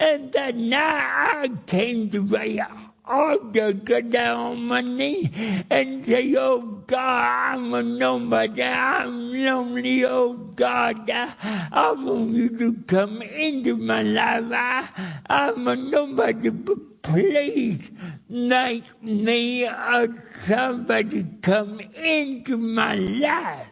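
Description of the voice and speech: A man with cerebral palsy since birth preaches his testimony at a church in slow, drawn-out phrases with stretched vowels, heavy nasality, slurred or dropped consonants and a high, strained voice that swings widely in pitch. This is dysarthria from cerebral palsy, which makes his speech harder to understand.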